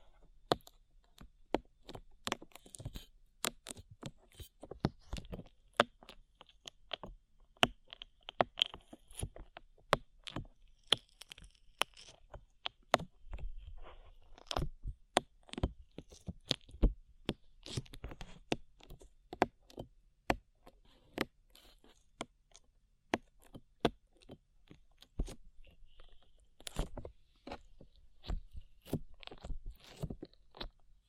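Slime being squeezed and worked, giving a steady stream of sharp crackles and wet pops that come irregularly, several each second, for the whole half minute. The snaps are crisp and bright, with a faint soft hiss filling the gaps between them.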